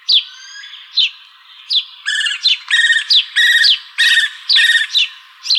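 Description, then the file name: House sparrow chirps, a few spaced single chirps followed by a quick run of harsher, broader calls mixed with chirps. Recorded in Arizona on 15 April 2006. "HOSP 4 deviche"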